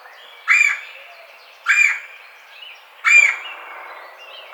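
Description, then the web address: Red-bellied woodpecker uttering three harsh, rolling churr notes a little over a second apart, with the start of a fourth at the end and other birds faint behind. Recorded 4 May 2009. "sounds birds Red-bellied Woodpecker 2009 05 04 Red-bellied Woodpecker 01"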